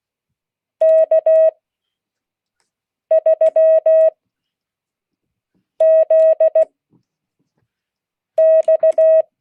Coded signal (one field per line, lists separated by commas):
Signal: Morse code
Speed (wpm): 16 wpm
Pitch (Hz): 640 Hz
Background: none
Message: K3ZX